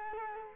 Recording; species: mosquito wingbeat signal from an infrared sensor; Culex quinquefasciatus